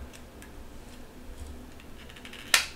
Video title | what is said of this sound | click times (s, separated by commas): Lupus Benlysta Injection Tutorial - Self Injection Education Guide - How To Instructions | here click and | 2.5 s